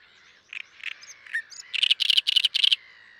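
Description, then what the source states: Bird song: a few scattered high chirps, then a rapid burst of several loud, harsh, buzzy notes before stopping. Short songs of a male bird, presumably paired.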